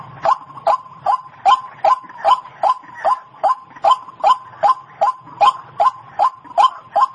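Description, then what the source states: White-breasted Waterhen calls, a steady run of short harsh notes around mid pitch, repeated about two or three times a second with little variation. Lure call used to attract wild birds.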